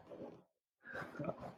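Two noisy, low rattling breaths with a brief quiet gap between them: a dog snoring while asleep right next to a person, indoors.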